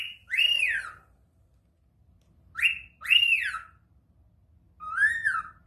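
Cockatiel calls: several loud, arched whistled calls, mostly rising then falling, separated by pauses.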